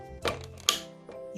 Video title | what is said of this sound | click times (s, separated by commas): HOW TO SET UP CORDLESS GRASS TRIMMER CHALLENGE ARGOS 18V CORDLESS GRASS TRIMMER install#grasstrimmer | heard that click and it's ready to go | 0.7 s